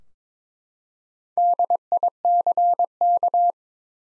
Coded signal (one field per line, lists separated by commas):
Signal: Morse code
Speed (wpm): 22 wpm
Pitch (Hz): 700 Hz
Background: none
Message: DICK